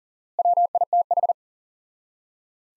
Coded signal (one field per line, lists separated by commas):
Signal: Morse code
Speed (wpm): 40 wpm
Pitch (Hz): 700 Hz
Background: none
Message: WITH